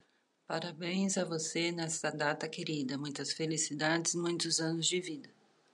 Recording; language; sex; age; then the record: short text; Brazilian Portuguese; female; 40 to 49 years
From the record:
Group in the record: control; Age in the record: 48 years